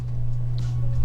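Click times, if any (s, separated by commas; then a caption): none. An Olight Drever folding knife is handled as its handle scale and freshly oiled bearing, set correct side toward the blade, are fitted onto the blade pivot screw. Light handling noise and a brief faint tick near 0.6 s are heard over a steady low hum. The part has not gone home yet, and nothing has seated or clicked into place.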